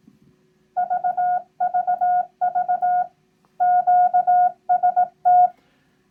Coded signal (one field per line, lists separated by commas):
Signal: Morse code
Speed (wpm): 18 wpm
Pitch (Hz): 720 Hz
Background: none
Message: VVV QST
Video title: Learning CW - Kickoff - Video 1